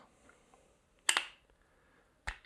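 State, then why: Seated. A trial knee component of an Evolution Medial Pivot knee instrument set is repositioned and pressed into its instrument holder. Two sharp clicks sound at 1.1 s and 2.3 s over a quiet background with a few faint taps. The component locks in place on the instrument, and the lock is confirmed.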